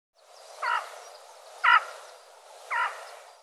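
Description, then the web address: Bird giving three short, harmonic calls about a second apart over a steady background hiss. "cianscape birddata Deverinetal 2025"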